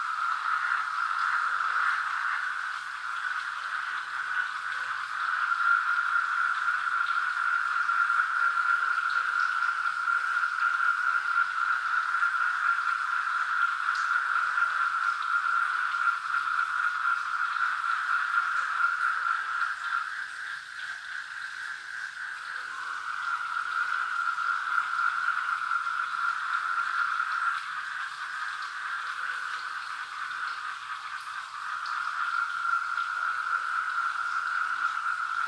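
River frogs keep up a dense, steady, mid-pitched chorus over trickling water, briefly softening around twenty seconds before swelling again.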